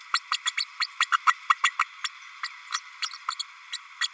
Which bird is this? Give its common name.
Green-rumped Parrotlet